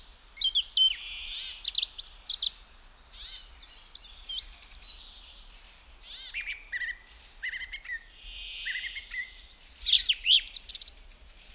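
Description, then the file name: Song Thrush song: a run of short, varied whistled and chirping phrases, high and bright, broken by brief pauses. "Zvuki ptic - Pevchij drozd"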